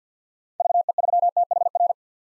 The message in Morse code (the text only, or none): VE3THR